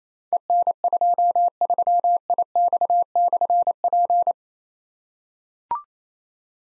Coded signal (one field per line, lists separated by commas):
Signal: Morse code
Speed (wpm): 29 wpm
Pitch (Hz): 700 Hz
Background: none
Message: EN23IX/P